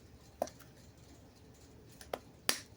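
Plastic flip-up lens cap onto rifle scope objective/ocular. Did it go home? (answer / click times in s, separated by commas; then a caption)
yes / 0.4 s, 2.5 s. Plastic flip-up lens caps on a rifle scope's objective and ocular ends are snapped closed by hand, and they seat with sharp plastic snaps at 0.4 s and 2.5 s, with another snap near 2.1 s. The caps snap on well, and the front cap snaps a little better than on the other scope.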